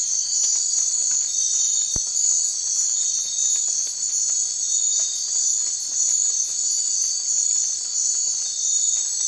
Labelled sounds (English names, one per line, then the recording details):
none
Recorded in secondary vegetation near Puerto Asís, Putumayo, Colombia, on 12 March 2025 at 04:00
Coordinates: 0.499, -76.323
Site G094